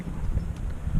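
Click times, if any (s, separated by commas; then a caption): none. A headlamp bulb retainer is handled against the plastic headlight housing of a 2008 Pontiac G6, with only low, muffled rumbling handling noise and no distinct sharp sound. Nothing has seated or clicked on yet.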